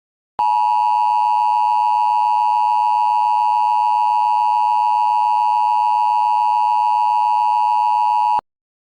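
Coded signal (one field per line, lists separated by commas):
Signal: Emergency Alert System (SAME) tones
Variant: 853 and 960 Hz attention tone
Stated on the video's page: Mock EAS alert, not a real one.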